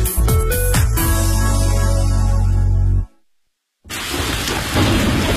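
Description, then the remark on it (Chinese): A loud, deep rumble of thunder crashes for about three seconds and cuts to a brief silence, followed by the steady, dense hiss of heavy rain. “面对雷雨季节，应增强安全防范意识，出门前关好门窗，遇到雷雨不要在树下避雨，不要在空旷地域接打手机”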